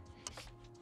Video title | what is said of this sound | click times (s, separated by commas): 450 Bucks for ALL THIS? VMAX VX5 Pro Electric Scooter Review | fold it down and then it just clicks into place and then it's a simple matter of | 0.3 s